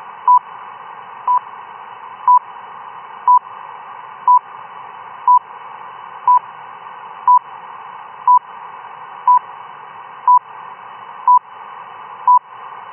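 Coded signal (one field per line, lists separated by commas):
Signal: radio time signal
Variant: RWM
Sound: short 1 kHz beep each second, 13 in all, over steady radio hiss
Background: radio static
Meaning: Each pip marks the start of a second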